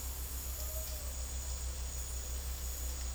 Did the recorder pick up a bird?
no